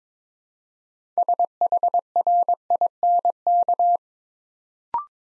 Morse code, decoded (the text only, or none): SHRINK